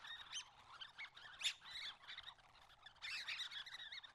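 Common nightingale song: bursts of varied chirps and rich whistled notes, a loud sharp note midway, a brief lull, then a dense chattering phrase.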